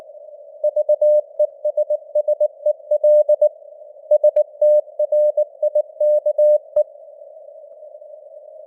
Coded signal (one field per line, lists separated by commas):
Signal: Morse code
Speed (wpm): 19 wpm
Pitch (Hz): 600 Hz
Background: none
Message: VESSEL STRIKE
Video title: Morse Code News | 2025-10-18 | 19wpm